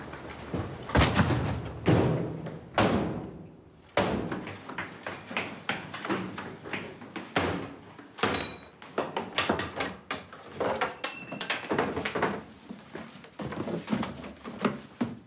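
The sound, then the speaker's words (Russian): At night, intruders force open the doors of a temple with a burst of heavy, irregular thuds and bangs, mixed with rattling and scraping, and a few brief metallic rings toward the end. No one speaks. “Они взломали двери и направились воровать медикаменты.”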